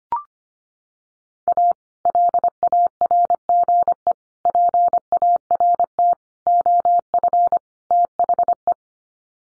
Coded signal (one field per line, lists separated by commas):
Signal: Morse code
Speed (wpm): 25 wpm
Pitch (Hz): 700 Hz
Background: none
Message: A LARGE PART OF THE